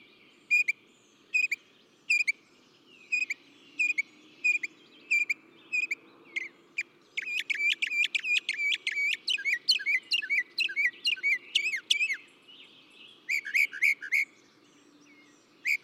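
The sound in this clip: Northern mockingbird song: spaced single chirps give way to a fast run of sharp notes, then a few quicker repeated phrases.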